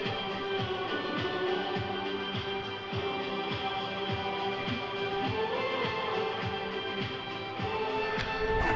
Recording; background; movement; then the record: throat clearing; music; sitting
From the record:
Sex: female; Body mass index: 25.5 kg/m2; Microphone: on the chest, facing the body